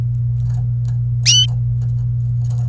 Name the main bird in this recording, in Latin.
Serinus canaria